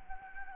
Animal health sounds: mosquito wingbeat signal from an infrared sensor; Anopheles gambiae

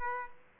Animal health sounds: mosquito wingbeat signal from an infrared sensor; Aedes aegypti

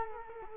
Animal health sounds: mosquito wingbeat signal from an infrared sensor; Culex quinquefasciatus

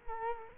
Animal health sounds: mosquito wingbeat signal from an infrared sensor; Culex quinquefasciatus

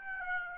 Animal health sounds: mosquito wingbeat signal from an infrared sensor; Aedes aegypti

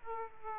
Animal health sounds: mosquito wingbeat signal from an infrared sensor; Aedes aegypti

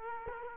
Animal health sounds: mosquito wingbeat signal from an infrared sensor; Culex quinquefasciatus

